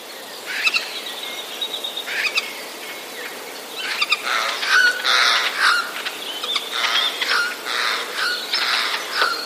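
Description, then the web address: Eurasian jay alarm call: harsh, rasping bursts of noisy sound, mostly in the middle and latter part. Alarm call; recorded 2 April 2016. "wroblowe ostrzegator sojki 02 04 2016"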